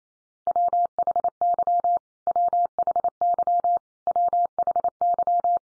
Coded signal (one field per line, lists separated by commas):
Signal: Morse code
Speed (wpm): 27 wpm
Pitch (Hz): 700 Hz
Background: none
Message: WHY WHY WHY